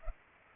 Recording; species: mosquito wingbeat signal from an infrared sensor; Culex pipiens